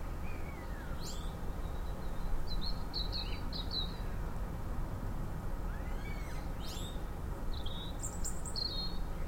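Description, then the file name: European robin giving short, thin, high chirps and brief trills in scattered bursts, with a steady low rumble of background noise throughout. "Erithacus rubecula"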